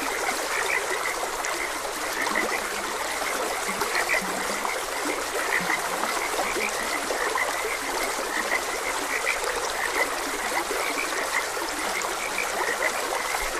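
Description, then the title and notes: Frogs in a chorus of rapid, overlapping croaks, a few lower notes now and then, blended with the steady rush of a stream. Frogs croaking beside a gentle stream. "Gentle Stream and Frogs Croaking - Calming Sounds of Nature. Sleep and Relaxation Podcast"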